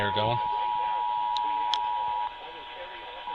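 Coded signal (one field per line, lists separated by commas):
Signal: Emergency Alert System (SAME) tones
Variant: 853 and 960 Hz attention tone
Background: speech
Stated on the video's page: Compilation of EAS tests from October 2025.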